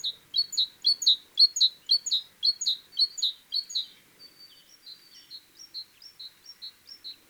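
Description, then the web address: Great tit calls, a fast series of loud doubled high notes repeated about twice a second, then a softer run of thin, higher notes. "SETE Parus major"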